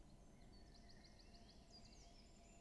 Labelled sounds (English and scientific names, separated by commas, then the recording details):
Eurasian Blue Tit (Cyanistes caeruleus)
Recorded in Germany
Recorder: ecoPi